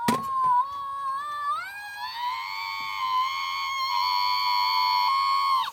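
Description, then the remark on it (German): A novelty alarm clock plays a recorded scream, originally recorded for an LP about 35 years ago: one long, loud, piercing shriek that climbs in pitch, then holds a steady high wail for several seconds before cutting off abruptly. “Hier ist der Schrei vielleicht besser zu. Ja, den habe ich geschrien für die extra für die LP war das damals.”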